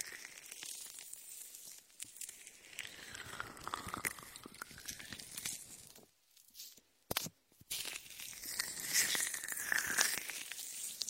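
Latex gloves rub and squish shaving foam in an ear massage, a dense, bright crackle of popping bubbles and wet rubbing that swells and fades in uneven strokes. Just past six seconds it drops almost to silence, broken by a sharp click, before the crackling returns, fuller and brighter.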